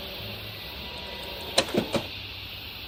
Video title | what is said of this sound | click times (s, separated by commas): Austrack Tanami x15B Hybrid Caravan - PACK DOWN VIDEO right to hitching up | just like that all right that should just pull itself back click in place | 1.6 s